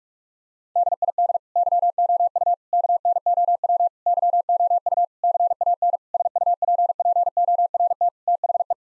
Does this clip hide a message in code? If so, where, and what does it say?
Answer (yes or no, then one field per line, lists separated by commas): yes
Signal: Morse code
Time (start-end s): 0.8-8.7 s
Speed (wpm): 41 wpm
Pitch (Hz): 700 Hz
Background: none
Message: DID YOU KNOW YOU CAN SUPPORT THE